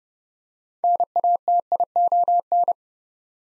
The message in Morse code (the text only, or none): NATION